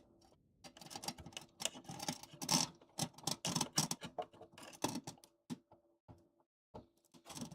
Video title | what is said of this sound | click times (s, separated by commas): Live! Computer Repair, Xbox Repair, PS5 Repair, Gaming PC Builds. #Malwarebytes | All right, we had a positive click there. | 3.3 s